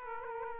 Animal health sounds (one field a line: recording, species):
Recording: mosquito wingbeat signal from an infrared sensor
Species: Aedes aegypti